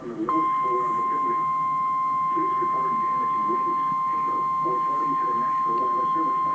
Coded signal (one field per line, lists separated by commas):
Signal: Emergency Alert System (SAME) tones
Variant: 1050 Hz attention tone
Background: speech